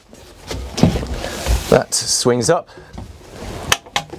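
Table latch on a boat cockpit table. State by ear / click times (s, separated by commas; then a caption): seated / 4.0 s. On a Nimbus T8 boat, the cockpit table is swung up while someone talks, with soft handling knocks and thumps along the way. At 4.0 s a small latch snaps shut with a sharp click, locking the table in its raised position.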